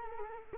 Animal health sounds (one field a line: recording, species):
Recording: mosquito wingbeat signal from an infrared sensor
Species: Culex quinquefasciatus